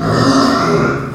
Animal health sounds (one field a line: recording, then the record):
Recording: squeal of a Yucatan mini pig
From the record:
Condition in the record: after surgery on the right vocal fold (resection and tissue-engineered implant)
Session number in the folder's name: 11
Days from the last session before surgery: 98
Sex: female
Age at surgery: 19 weeks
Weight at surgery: 25 kg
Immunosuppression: prednisolone